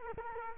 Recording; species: mosquito wingbeat signal from an infrared sensor; Culex quinquefasciatus